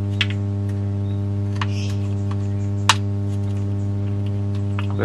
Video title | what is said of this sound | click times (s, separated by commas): Cara Memperbaiki Baterai Bor Baterai Bosch | a bit difficult, a little, but it's really an effort There's a click. It | 2.9 s